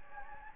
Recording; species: mosquito wingbeat signal from an infrared sensor; Anopheles gambiae